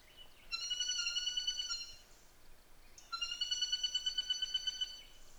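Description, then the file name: Greater flameback giving two ringing, pulsed trills, each over a second long and separated by a pause. "suara pelatuk tunggir emas"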